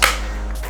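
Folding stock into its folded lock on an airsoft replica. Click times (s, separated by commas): 0.0 s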